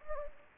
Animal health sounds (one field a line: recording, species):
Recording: mosquito wingbeat signal from an infrared sensor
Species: Anopheles gambiae